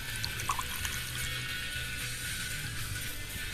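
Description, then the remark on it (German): Water being poured in a steady, continuous stream, a soft rushing hiss with faint gurgles that holds an even level for a few seconds, with no voices over it. “kannst du mir mal kurz das Wasser geben?”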